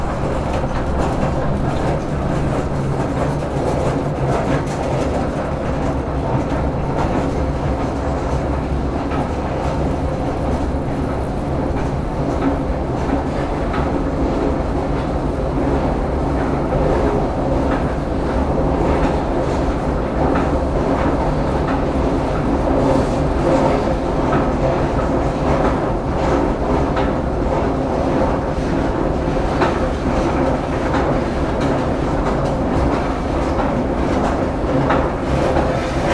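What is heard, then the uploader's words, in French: An escalator runs with a steady, unbroken mechanical rumble, low and dense, its level constant throughout with faint clicking textures above the hum. Escalator à Marseille. Enregistrement effectué à Marseille en mars 2012.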